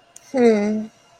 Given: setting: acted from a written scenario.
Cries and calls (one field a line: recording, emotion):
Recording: vocal sound without words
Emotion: neutral